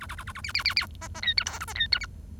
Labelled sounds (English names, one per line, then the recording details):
Bengalese Finch song
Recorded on 1 October 2012 at 07:26
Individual or60yw70